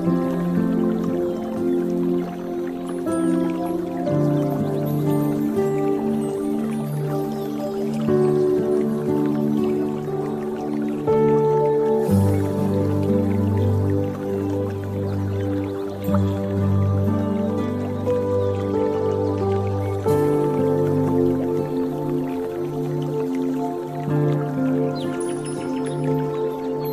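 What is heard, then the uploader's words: Calm, sustained music with soft, layered tones that shift to new chords every few seconds, notably around 4, 12 and 20 seconds. Light dripping and trickling water runs underneath at an even level, giving a gentle, continuous wash. Relaxing Zen Music with Water Sounds Peaceful Ambience for Spa Yoga and Relaxation.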